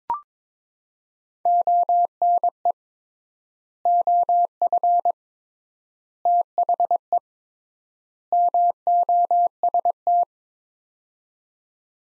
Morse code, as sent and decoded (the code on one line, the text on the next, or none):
--- -. . / --- ..-. / - .... . / -- --- ... -
ONE OF THE MOST